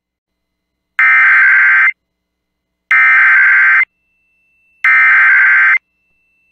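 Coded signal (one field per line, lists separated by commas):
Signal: Emergency Alert System (SAME) tones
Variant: header bursts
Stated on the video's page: SAME tones from NOAA Weather Radio during a severe weather outbreak across Montana, North Dakota and South Dakota.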